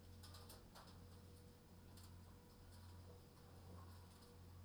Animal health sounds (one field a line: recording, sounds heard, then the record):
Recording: poultry house recording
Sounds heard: no chicken sound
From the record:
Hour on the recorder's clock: 21